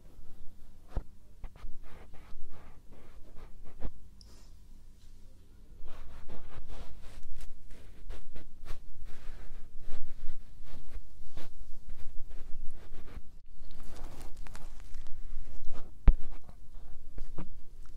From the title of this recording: Ear brushing, Ear tapping, Finger Flutter, Ear cupping, Ear touching